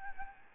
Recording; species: mosquito wingbeat signal from an infrared sensor; Aedes albopictus